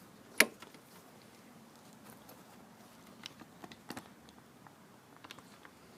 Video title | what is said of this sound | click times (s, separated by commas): Hyper Tough lawn mower, Engine control (Brake) cable replacement. | and push until it clicks into place | 0.4 s